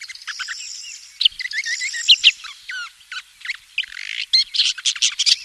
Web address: wroblowe laniidae lansenat